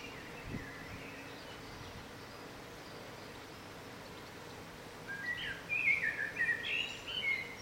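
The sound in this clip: Bird song: a brief faint phrase early on, then a louder burst of bright chirps and warbled notes in the last three seconds over steady background hiss.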